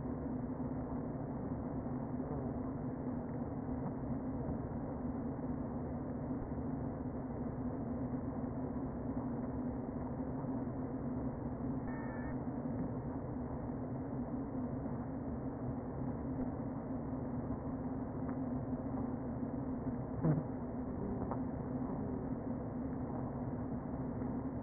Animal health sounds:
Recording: honeybee colony, microphone inside the hive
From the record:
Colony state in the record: queen present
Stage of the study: before two queens were removed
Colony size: about 60,000 bees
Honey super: yes

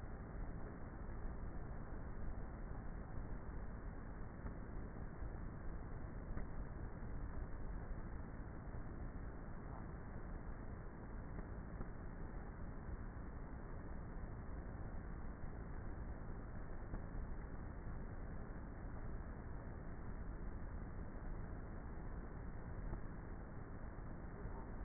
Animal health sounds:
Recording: honeybee colony, microphone inside the hive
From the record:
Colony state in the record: queenless with a low population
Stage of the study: before two queens were removed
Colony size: about 30,000 bees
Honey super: no

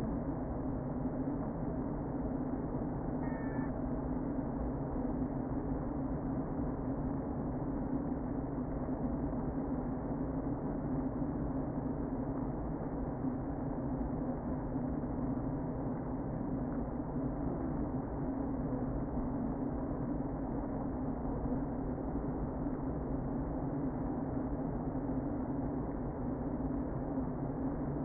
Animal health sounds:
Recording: honeybee colony, microphone inside the hive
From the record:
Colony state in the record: queen present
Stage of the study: before two queens were removed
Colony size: about 60,000 bees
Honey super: yes

